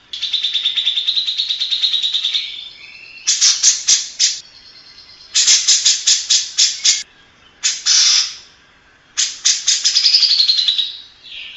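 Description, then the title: Grey-cheeked bulbul opening with a long buzzy, trilled note, then several short bursts of harsh rasping calls separated by pauses. Long-duration recording made for training cage birds (masteran). "Cucak Jenggot Masteran Durasi Panjang"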